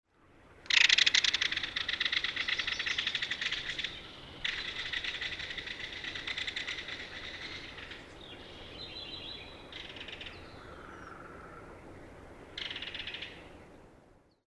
Belted Kingfisher rattle call recorded at the Beaver Ponds in Rocky Mountain National Park.